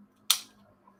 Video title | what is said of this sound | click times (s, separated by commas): Build The VW T1 Samba - ISSUE 47 | and click into place just there and that was a really nice fit | 0.3 s